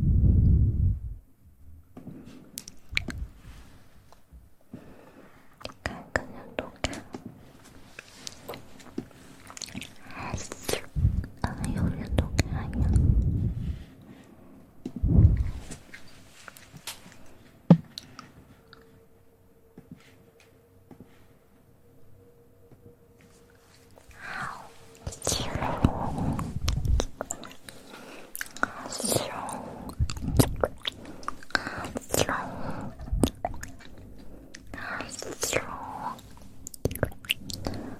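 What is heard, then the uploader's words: Wet mouth sounds: smacks, clicks and chewing-like squishes arrive in irregular bursts, with low thumps near the start and around 10 to 15 seconds. A faint steady hum runs underneath, and after 25 seconds the clicks come denser and brighter. ASMR Christmas Special Edition, Mouth Sounds.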